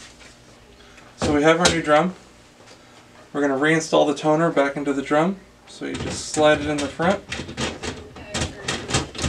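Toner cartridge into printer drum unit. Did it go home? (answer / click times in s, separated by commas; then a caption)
no / none. A toner cartridge for a Brother MFC-8710 laser printer is slid into the front of its DR720 drum unit while someone talks throughout. Brief handling sounds come through between the speech, including a sharp knock near 8.7 seconds. The clip ends before the cartridge seats, and nothing has clicked into place yet.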